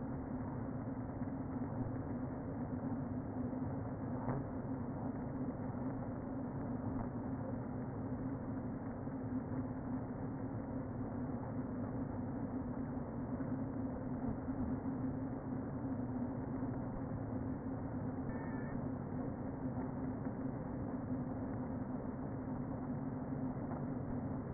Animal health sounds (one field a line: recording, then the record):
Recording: honeybee colony, microphone inside the hive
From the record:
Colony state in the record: queen present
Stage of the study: before two queens were removed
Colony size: about 60,000 bees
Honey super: yes